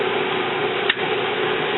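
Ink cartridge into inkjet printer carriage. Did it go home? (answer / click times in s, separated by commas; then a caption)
no / none. Refillable plastic ink cartridges from a continuous ink supply system are handled and pressed toward the carriage of an HP Officejet 7000 inkjet printer. A steady hiss runs throughout, broken by one brief sharp tick at about 0.9 s. The clip ends just before the cartridges go home, so nothing has seated or clicked in yet.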